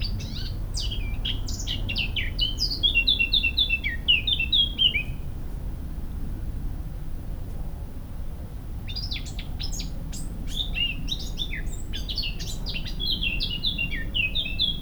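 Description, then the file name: Eurasian blackcap singing two phrases, each a fast, chattering warble followed by clear, fluty whistles, with about four quiet seconds between them. "Sylvia atricapilla"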